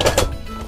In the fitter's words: line it up and slide it straight back you're gonna hear a click and